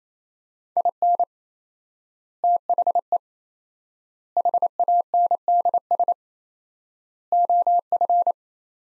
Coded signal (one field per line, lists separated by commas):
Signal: Morse code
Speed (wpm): 27 wpm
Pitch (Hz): 700 Hz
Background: none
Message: IN THE HANDS OF